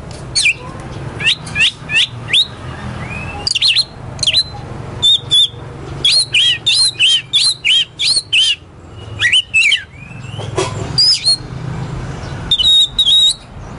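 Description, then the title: Oriental magpie-robin delivering a long varied song of whistles, swoops and crisp chips in rapid bursts over a low background hum. Competition magpie-robin ('kacer poci'), national champion, singing 'gacor' with 'nembak' and 'ngerol' song styles; seven kinds of sound every three minutes. "Kacer Poci Gacor Nembak Dan Ngerol Juara Nasional. 7 macam suara kacer setiap 3 menit"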